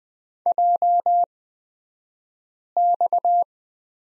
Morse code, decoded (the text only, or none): JX